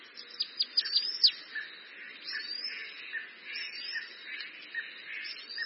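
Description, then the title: Bananaquit song: a brief burst of high, sharp downslurred notes, followed by softer chirps against a steady background hum. "Canto De Cambacica"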